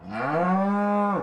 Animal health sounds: contact call of a hoofed animal; cattle; low-frequency (closed-mouth) or high-frequency (open-mouth) call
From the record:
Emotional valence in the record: negative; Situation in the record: full separation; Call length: 1.23 s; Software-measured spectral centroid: 1070 Hz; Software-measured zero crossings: 1290 a second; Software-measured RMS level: -24 dBFS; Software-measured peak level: -13 dBFS

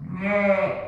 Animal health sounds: contact call of a hoofed animal; sheep; low-frequency (closed-mouth) or high-frequency (open-mouth) call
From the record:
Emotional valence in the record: negative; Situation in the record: short social isolation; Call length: 0.88 s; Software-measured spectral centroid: 1350 Hz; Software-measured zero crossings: 1390 a second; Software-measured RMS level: -23 dBFS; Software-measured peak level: -8 dBFS

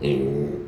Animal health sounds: contact call of a hoofed animal; pig; closed-mouth grunt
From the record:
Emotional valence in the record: negative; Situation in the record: short social isolation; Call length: 0.68 s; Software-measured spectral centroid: 1360 Hz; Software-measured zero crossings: 810 a second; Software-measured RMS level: -24 dBFS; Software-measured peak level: -11 dBFS

